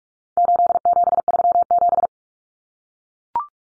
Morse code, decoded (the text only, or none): 8737